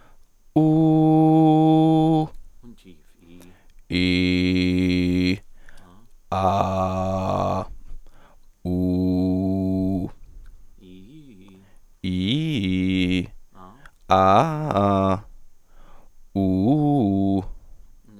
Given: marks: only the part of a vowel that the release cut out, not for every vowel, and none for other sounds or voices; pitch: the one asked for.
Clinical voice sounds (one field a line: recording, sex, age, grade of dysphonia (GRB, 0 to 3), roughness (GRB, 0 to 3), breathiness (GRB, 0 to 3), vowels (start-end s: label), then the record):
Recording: sustained vowels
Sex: male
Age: 20 to 29 years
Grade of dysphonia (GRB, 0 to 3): 0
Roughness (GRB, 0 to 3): 0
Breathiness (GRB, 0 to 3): 0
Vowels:
0.61-2.17 s: vowel /u/, high pitch
3.98-5.28 s: vowel /i/, low pitch
6.62-7.53 s: vowel /a/, low pitch
8.70-10.00 s: vowel /u/, low pitch
12.07-13.21 s: vowel /i/, low-high-low pitch
14.15-15.13 s: vowel /a/, low-high-low pitch
16.42-17.39 s: vowel /u/, low-high-low pitch
From the record:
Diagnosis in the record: dysphonia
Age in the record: 21 years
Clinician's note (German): Lediglich etwas Schleim, sonst unauffällige Stimme